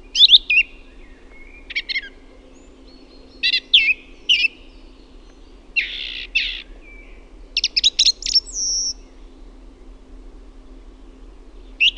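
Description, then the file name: Song thrush song made of varied brief phrases, some harsh and scratchy, others clear whistled notes, delivered in spaced bursts over about twelve seconds with quiet gaps. "LAULURASTAS"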